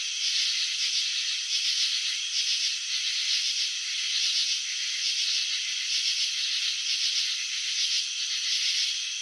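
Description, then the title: Cricket chirping as a dense, buzzy rattle of rapid pulses, steady and unbroken throughout with slight swells in loudness, no other sounds. Crickets chirping by vibrating their wings; recording presented in slow motion. "Crickets in Slow Motion 📷. Capturing the Elegance of Chirping"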